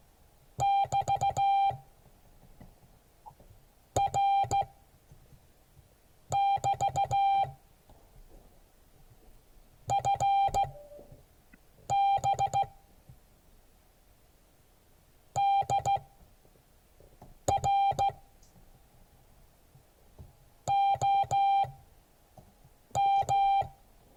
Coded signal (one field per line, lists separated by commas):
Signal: Morse code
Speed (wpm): 15 wpm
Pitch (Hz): 790 Hz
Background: music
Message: <BT> R<BT> FB DR OM